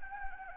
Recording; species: mosquito wingbeat signal from an infrared sensor; Anopheles gambiae